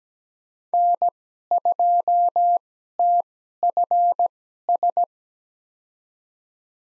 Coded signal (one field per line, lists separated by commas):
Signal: Morse code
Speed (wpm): 17 wpm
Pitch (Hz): 700 Hz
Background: none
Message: N2TFS